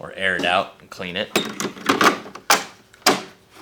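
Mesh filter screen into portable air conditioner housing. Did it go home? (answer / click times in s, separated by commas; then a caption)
yes / 3.1 s. A plastic mesh filter screen cover is pushed back into the housing of an EcoFlow Wave 2 portable air conditioner while someone talks. It snaps back into place with a sharp click at 3.1 seconds.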